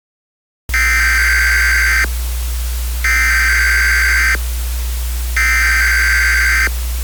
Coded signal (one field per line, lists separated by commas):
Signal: Emergency Alert System (SAME) tones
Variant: header bursts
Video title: EMERGENCY ALERT SYSTEM SCENARIO